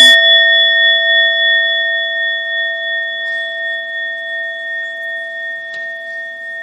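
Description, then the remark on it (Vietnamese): A meditation bell is struck once, its full, pure tone ringing out with steady harmonic overtones and sustaining for several seconds while slowly fading, with no voices. “Thì khi mà nghe tiếng chuông tròn đầy thì mọi người bắt đầu thở vào và thở ra cho thật sâu.”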